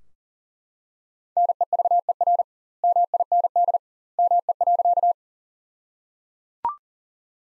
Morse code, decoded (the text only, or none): NEVER MIND ME.